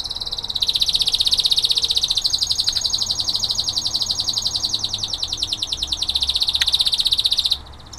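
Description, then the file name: Canary song: a long, fast, continuous high trill of rapidly repeated notes lasting about seven seconds before stopping abruptly. Berner canary breed. "kenari omkicau"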